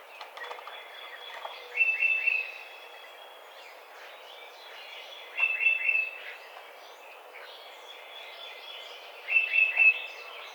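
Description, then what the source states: Tufted titmouse giving whistled phrases, each a quick run of three or four clear notes, repeated in three bouts about every four seconds over steady background hiss. Recorded 30 April 2009.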